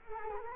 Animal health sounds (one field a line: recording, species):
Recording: mosquito wingbeat signal from an infrared sensor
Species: Culex quinquefasciatus